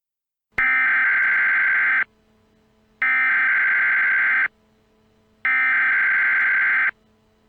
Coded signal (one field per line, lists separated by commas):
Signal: Emergency Alert System (SAME) tones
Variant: header bursts